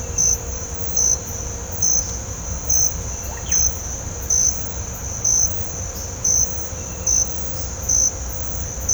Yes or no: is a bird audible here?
yes